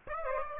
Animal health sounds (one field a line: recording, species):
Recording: mosquito wingbeat signal from an infrared sensor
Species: Aedes aegypti